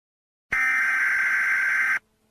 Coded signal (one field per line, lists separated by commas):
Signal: Emergency Alert System (SAME) tones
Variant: header bursts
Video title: Jerry EAS scenario Part 2 "Dimension hopping"